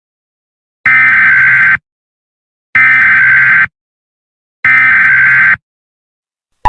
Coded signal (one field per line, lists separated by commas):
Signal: Emergency Alert System (SAME) tones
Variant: header bursts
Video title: Tornado Warning PDS for counties in North Central Keysota. (EAS MOCK)